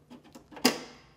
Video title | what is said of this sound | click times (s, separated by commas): Máy thái thịt nhập khẩu Mỹ "giá đắt sắt ra miếng" | begin by inserting and securing the slice deflector make sure it snaps back into place on the ring guard | 0.7 s